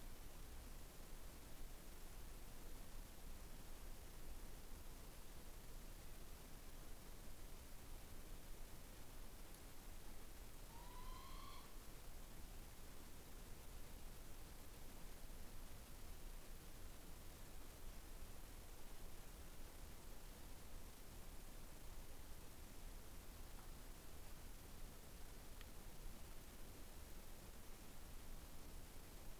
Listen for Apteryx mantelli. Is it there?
no